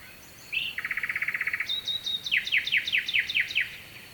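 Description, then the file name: Nightingale song with a buzzy churring trill followed by a run of sharp, evenly repeated descending notes, all against a constant rushing background. Sung at night with a distant stream, Kovachevitsa, Bulgaria. "Noshten slavej i dalechen potok (s Kovachevica)"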